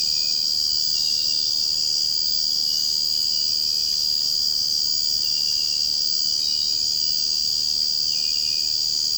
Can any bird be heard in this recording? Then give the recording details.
no. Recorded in secondary vegetation near Puerto Asís, Putumayo, Colombia, on 21 March 2025 at 04:00. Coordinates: 0.502, -76.326. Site G100